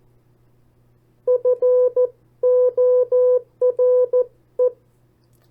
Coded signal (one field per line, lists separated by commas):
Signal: Morse code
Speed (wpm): 14 wpm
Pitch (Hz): 500 Hz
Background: none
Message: FORE